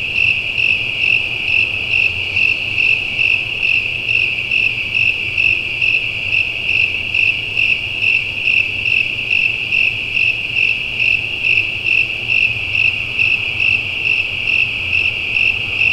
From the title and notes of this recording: Natural Soundscape - Mountain Nights. Park City, UT.